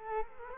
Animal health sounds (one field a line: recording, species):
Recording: mosquito wingbeat signal from an infrared sensor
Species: Culex quinquefasciatus